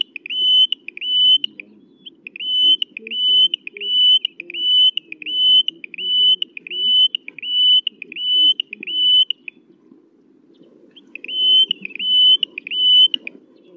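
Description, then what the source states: Taiwan Bush Warbler song: repeated high, drawn-out whistles, each followed by short ticking notes, in a steady rhythm about every three quarters of a second, pausing briefly near ten seconds. Little brown bird whose call sounds like Morse code.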